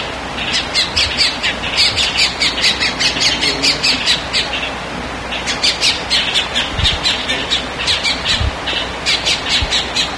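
Bird calling with rough, high squawks in fast runs, a brief lull midway before the series resumes, plus a few low thuds.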